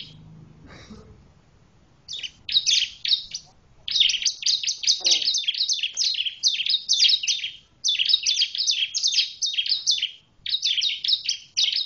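Bar-winged prinia song: after a quiet start, long runs of fast, high, scratchy chirps continue with short breaks.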